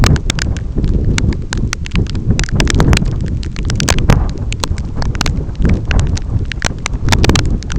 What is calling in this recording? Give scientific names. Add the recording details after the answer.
none. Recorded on Arctic tundra, site EABA-1, on 25 June 2018. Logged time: 06:00